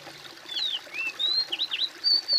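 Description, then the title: Bird giving a short series of pure whistles, some sliding downward, some dipping and rising, ending on a long level high note. "kOMPILASI suara bird"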